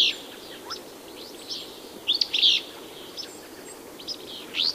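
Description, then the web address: Willow Flycatcher giving short, sharp buzzy phrases around a high pitch, a louder burst near the middle and another at the end, with fainter chips between and a steady background hiss. "Songs of Birds of North America Know Your Bird Sounds Common Western Species. Willow Flycatcher"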